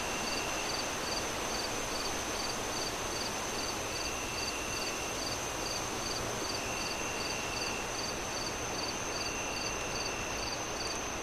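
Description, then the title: Cricket chirping: a steady train of short high pulses, roughly two or three each second, over a continuous high ringing tone and broad rushing wind noise throughout. Crickets chirping on a windy night as the moon rises, wind howling through the trees. "Crickets Sounds On A Windy Night. Crickets Sing"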